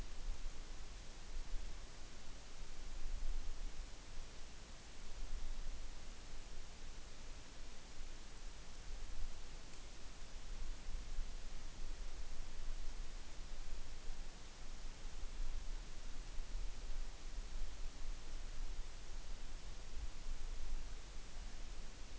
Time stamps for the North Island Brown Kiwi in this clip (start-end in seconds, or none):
none